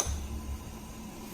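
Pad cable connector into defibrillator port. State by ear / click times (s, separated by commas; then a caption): not seated / none. A pad cable connector is handled at its port on a defibrillator, giving a brief low rumble of contact and handling noise over a steady background. The connector has not clicked in or seated yet.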